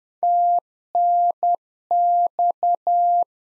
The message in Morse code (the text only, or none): TNX